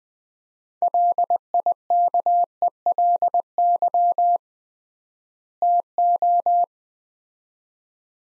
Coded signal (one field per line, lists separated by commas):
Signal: Morse code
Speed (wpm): 20 wpm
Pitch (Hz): 700 Hz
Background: none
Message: LIKELY TO